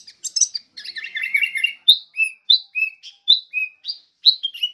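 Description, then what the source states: Sooty-headed bulbul song: a dense burst of high chirps, then clear, spaced whistled notes in quick succession. Vigorous, energetic singing ('gacor'), used as master song for training songbirds.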